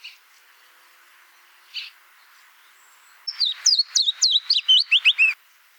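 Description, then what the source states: Willow warbler song: after two faint short notes, a quick cascade of sweet, slurred whistles tumbling downward in pitch over about two seconds. 2 August 2014, Oberammergau.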